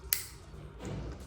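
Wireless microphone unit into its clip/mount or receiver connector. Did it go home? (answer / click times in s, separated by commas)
yes / 0.1 s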